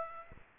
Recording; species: mosquito wingbeat signal from an infrared sensor; Aedes aegypti